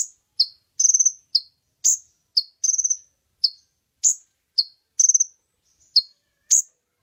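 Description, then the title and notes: Oriental magpie-robin song of clipped high whistles alternating with fast little trills, each phrase short and sharply separated. Champion bird singing vigorously. "Kacer Juara Gacor. Kumpulan Suara Burung Masteran Pilihan"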